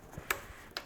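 A torque wrench, lowered to a 16 Nm setting after it kept turning without clicking, is pulled on a bolt of a damaged Range Rover engine during a rebuild. Two sharp, bright clicks are heard at 0.3 s and 0.8 s. The wrench clicks at the lower setting.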